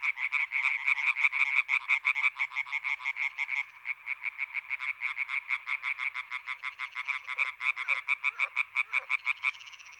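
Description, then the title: European tree frogs in a dense chorus of rapid, rasping, nasal croaks repeated several times a second, many callers overlapping continuously. European tree frogs in intense chorus at Étang des Marguilliers, Sologne, France, 21 May 1993, an hour after nightfall. "Choeur de rainettes en Sologne"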